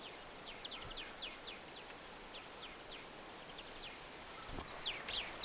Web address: paivat 14 9 2024 puidun rypsipellon aarella mm peippolintujen aania